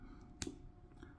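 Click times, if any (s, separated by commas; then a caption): 0.4 s. A small plastic figure's leg piece is pressed onto its body, and a sharp snap sounds at 0.4 s as the legs pop into place and seat. A much fainter tick follows around 1.0 s over a low, steady background.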